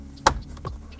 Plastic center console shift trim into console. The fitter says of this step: for the click nice